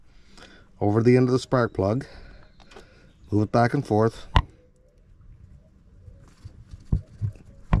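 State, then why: Seated. The rubber boot of a new spark plug wire is worked back and forth over the end of the spark plug while someone talks, followed by quiet rubbing and a few faint taps. A sharp click at 7.7 s marks the boot snapping onto the plug terminal, and it is seated.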